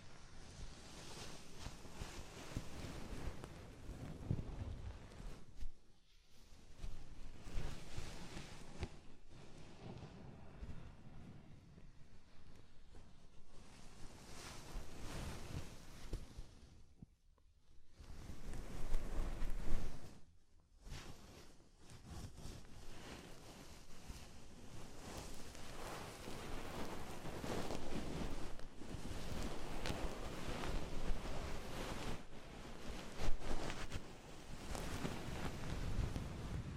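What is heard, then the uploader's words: Ear massage with oil and foam: thick, rushing rubbing and crackling that runs almost without pause, full and deep with a hissy top. Brief drop-outs come near 6, 17 and 20 seconds, and the rubbing grows a little louder through the second half. ASMR Oil, Foam and Tingly Ear Massage.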